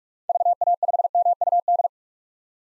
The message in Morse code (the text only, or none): VA5MUD